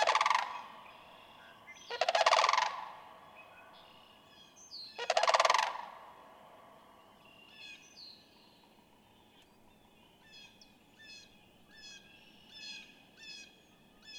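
Sandhill crane uttering three bursts of harsh, rolling rattles, followed by softer repeated high chirps from other birds in the background.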